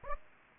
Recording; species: mosquito wingbeat signal from an infrared sensor; Aedes aegypti